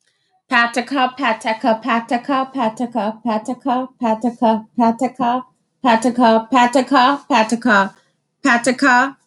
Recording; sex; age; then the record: repeated syllables /pa ta ka/; female; 30 to 39 years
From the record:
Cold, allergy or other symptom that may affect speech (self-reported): no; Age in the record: 31 years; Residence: Texas, United States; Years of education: 16